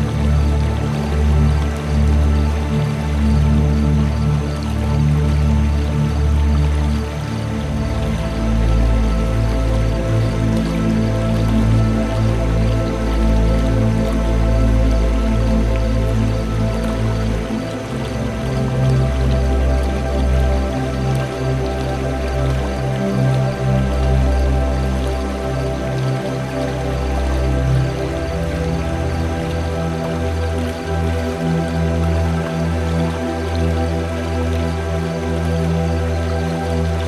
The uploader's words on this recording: Moonlit Melodies With A Magical River Flowing, Night Sounds & Relaxing Music For Sleep, Meditation, Relaxation Or Focus. Its waters flow with a rhythmic cadence, mirroring the calming beat of your own heart.